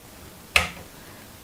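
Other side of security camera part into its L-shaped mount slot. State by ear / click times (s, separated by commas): seated / 0.6 s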